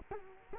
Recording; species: mosquito wingbeat signal from an infrared sensor; Culex quinquefasciatus